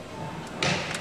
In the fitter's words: to hear a little snap, and then it kind of slides off.